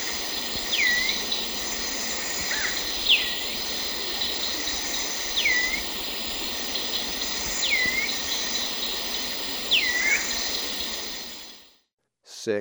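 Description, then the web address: Stripe-chested Antwren song, a few sharp whistled notes, each falling then hooking upward, spaced a couple of seconds apart over a steady insect drone. Ecuador. "Natures Songs S America Birds of Ecuador Stripe-chested Antwren"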